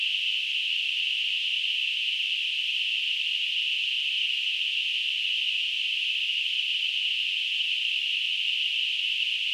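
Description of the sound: A steady, high-pitched hissing band of noise, centred around 2 to 4 kHz, holds at constant loudness for the whole clip, with no breaks or other sounds. It is a simulated tinnitus sound, mimicking the continuous ringing or hissing a person with tinnitus perceives.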